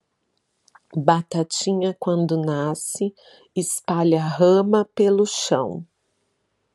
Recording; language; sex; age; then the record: short text; Brazilian Portuguese; female; 40 to 49 years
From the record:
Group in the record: control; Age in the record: 44 years